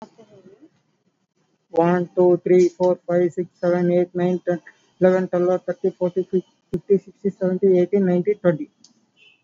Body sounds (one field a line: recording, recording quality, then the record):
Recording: counting at a fast pace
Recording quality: excellent, no background noise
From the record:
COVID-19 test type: RT-PCR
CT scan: not taken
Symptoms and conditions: none ticked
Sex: male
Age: 22 years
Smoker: no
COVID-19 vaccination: both doses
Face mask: worn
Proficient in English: yes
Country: India